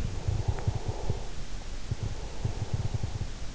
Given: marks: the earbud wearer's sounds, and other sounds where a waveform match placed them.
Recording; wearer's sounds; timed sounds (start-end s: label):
sounds in sleep by an in-ear microphone; breath
0.00-3.55 s: breath